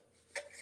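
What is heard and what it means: A plastic fresh-air intake vent cover on an air conditioner unit is gently turned by hand until it clicks free, so it can be pulled off to reach the screen behind it. A single sharp click sounds at 0.4 s over a quiet background, followed by faint scraping as the cover shifts. The cover is released.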